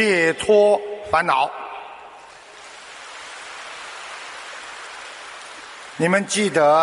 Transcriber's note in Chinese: 掌声